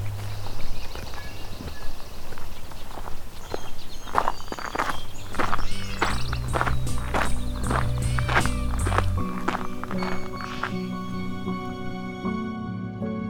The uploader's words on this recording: White-throated Sparrow. A summer's day at Fletcher Creek Ecological Preserve in Flamborough, Ontario.